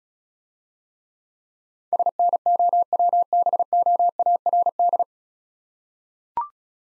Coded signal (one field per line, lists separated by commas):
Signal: Morse code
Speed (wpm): 37 wpm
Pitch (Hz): 700 Hz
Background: none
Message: SNOWBOARD